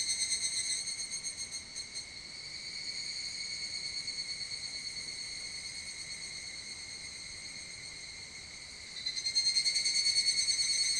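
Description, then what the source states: Evening cicada song, a high pulsing ring that eases into a steadier tone, then surges back loudly near the end. Recorded 25 July 2022.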